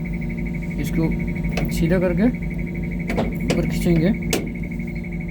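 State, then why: Released. In the cab of a Tadano GR-550EX 55-ton mobile crane, the mechanical swing lock lever beside the seat, on its right side, is straightened and pulled up while someone talks. A sharp clunk at 4.3 s marks the swing lock releasing, and it is unlocked.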